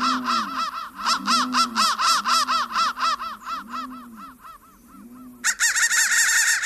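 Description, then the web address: Crow cawing: harsh, arched calls repeated about twice a second over a deeper, slower layer of similar calls, then a short lull and a dense burst of loud caws. "soundfactory crow"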